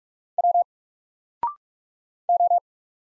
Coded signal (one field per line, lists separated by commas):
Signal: Morse code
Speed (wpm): 44 wpm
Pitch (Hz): 700 Hz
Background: none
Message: W O